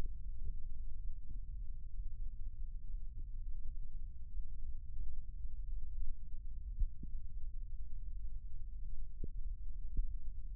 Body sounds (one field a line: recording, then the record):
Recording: forearm muscle sounds (acoustic myography)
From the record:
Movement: rest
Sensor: system 1, eight BSWA MPA416 microphones around the upper forearm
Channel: 5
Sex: male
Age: 21 years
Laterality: right